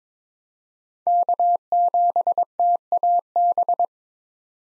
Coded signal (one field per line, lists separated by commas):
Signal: Morse code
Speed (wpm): 22 wpm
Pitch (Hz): 700 Hz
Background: none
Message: K7TAB